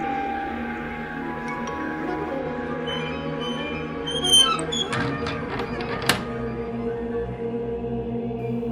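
A key grinds and rasps as it turns in the lock of an oak-panelled door, a short burst of scraping clicks ending in a sharp metallic snap, set against a steady low mechanical hum.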